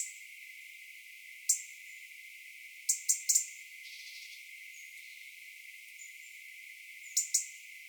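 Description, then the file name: European robin calling with hard, clicking ticks, single or in quick runs of two or three, spaced irregularly over about eight seconds of quiet hiss. "Erithacus rubecula"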